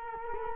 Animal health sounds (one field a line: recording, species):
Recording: mosquito wingbeat signal from an infrared sensor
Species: Culex quinquefasciatus